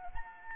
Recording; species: mosquito wingbeat signal from an infrared sensor; Anopheles arabiensis